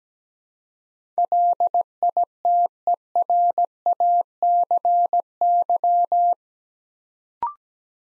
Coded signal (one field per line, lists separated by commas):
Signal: Morse code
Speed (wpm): 17 wpm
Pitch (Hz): 700 Hz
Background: none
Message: LITERACY